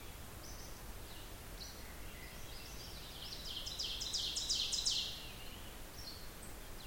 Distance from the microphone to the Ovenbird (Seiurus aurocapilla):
about 50 m